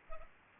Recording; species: mosquito wingbeat signal from an infrared sensor; Culex pipiens